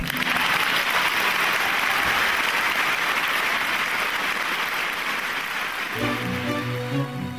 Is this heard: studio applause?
yes